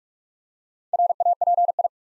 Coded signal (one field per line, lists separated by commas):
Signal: Morse code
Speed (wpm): 44 wpm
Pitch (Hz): 700 Hz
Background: none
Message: RAPI